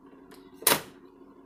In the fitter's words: Hear it click.